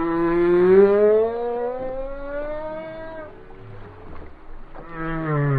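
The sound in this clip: Whale song with a long harmonic moan slowly rising over about three seconds, then a fainter low moan and a new moan starting at the end.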